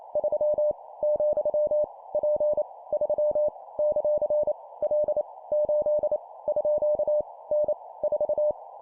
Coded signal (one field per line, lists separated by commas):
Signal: Morse code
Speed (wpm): 28 wpm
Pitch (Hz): 600 Hz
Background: none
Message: 3 , P 3 ; L 8 _ N 4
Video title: 25wpm Random Letter Number Punctuation, improve morse code copy speed